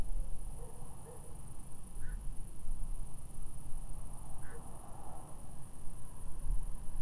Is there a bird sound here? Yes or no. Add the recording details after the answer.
yes. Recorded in France